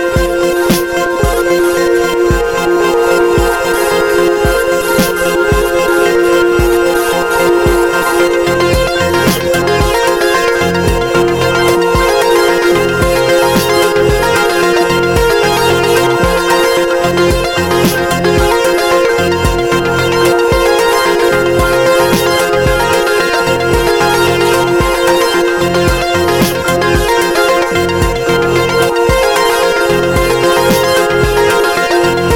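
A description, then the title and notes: A busy city life sound illustration: a dense, unbroken wash of sustained ringing tones over irregular low thumps, steady in loudness throughout. A sound illustration of busy City life.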